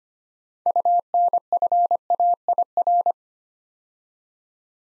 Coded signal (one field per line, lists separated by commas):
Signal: Morse code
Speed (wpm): 25 wpm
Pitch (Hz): 700 Hz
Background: none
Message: UNFAIR